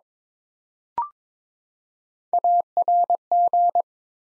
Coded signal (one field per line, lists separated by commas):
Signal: Morse code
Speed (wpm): 22 wpm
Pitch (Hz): 700 Hz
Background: none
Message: ARG